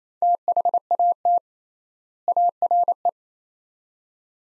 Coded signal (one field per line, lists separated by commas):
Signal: Morse code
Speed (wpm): 28 wpm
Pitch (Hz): 700 Hz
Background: none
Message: THAT ARE